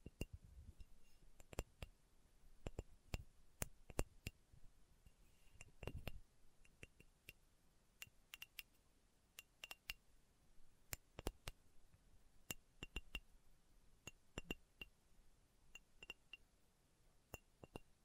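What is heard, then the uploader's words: Slow tapping, sharp clicking hits with a glassy, clinking edge spaced irregularly, roughly one to three per second across the whole stretch. A few heavier knocks land around the six-second mark, and a low, quiet rumble sits underneath throughout. ASMR Slow Tapping for Deep Sleep (No Talking).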